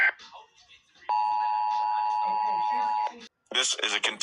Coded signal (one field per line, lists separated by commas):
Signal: Emergency Alert System (SAME) tones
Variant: 853 and 960 Hz attention tone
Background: speech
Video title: EAS scenario the bus incident (REUPLOAD)